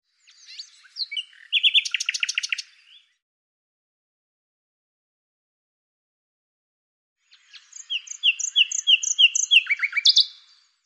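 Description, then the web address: Bird song: two high twittering phrases with fast repeated notes, separated by several seconds of silence. "Deverinetal 2025"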